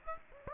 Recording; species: mosquito wingbeat signal from an infrared sensor; Aedes aegypti